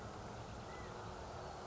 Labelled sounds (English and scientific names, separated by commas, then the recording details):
California Quail (Callipepla californica)
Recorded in Sonoma County, California